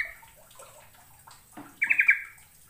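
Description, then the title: Bird chirping, a brief quick trill of bright high notes near the end, with faint scattered twittering before it. "Kicau Burung"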